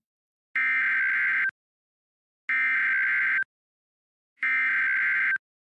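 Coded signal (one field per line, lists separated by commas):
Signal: Emergency Alert System (SAME) tones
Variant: header bursts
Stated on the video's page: Fictional EAS scenario.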